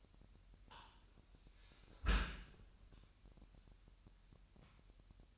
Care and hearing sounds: daily activity, microphone in the room; close dishwasher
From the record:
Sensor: 2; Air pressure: 998.2 hPa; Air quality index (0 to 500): 148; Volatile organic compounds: 4 ppm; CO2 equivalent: 1673 ppm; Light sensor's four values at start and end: 10/30/12/11 and 10/30/12/11

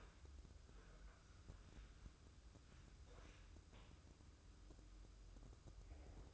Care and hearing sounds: daily activity, microphone in the room; wipe stove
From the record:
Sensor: 2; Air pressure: 995.9 hPa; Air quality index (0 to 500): 91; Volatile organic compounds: 4 ppm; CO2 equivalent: 1661 ppm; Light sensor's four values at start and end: 24/78/30/29 and 23/76/30/28

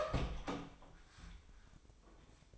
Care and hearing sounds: daily activity, microphone in the room; open door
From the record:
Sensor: 1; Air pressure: 1004.8 hPa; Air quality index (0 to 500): 71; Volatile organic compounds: 1 ppm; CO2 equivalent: 946 ppm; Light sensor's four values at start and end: 9/23/9/10 and 9/23/9/10

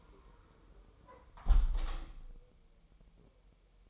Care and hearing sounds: daily activity, microphone in the room; close window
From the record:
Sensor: 1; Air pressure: 999.8 hPa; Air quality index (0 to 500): 237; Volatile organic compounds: 108 ppm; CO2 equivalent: 3803 ppm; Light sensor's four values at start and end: 11/27/10/11 and 10/25/10/11

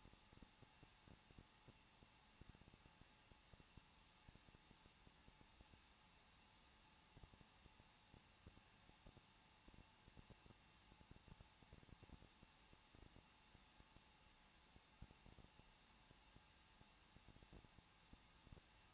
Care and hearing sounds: daily activity, microphone in the room; no activity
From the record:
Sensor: 1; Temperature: 20.1 degrees Celsius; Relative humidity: 39.1%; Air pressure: 1006.4 hPa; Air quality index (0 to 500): 216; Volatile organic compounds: 74 ppm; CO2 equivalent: 3555 ppm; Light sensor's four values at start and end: 1/2/1/1 and 1/2/1/1

